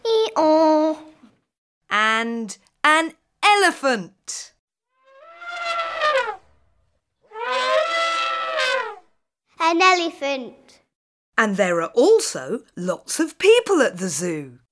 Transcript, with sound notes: Ee-oor!
And an elephant.
[FX: ELEPHANT] An elephant!
And there are also lots of people at the zoo…